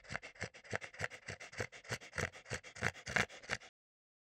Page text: French Bulldog Gasp Snorty - Quick Sounds